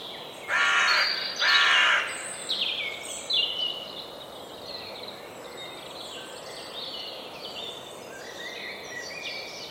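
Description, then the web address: Bird calls, two loud harsh caws followed by softer chattering and squeaky notes. "Deverinetal 2025 File origin Bird Only"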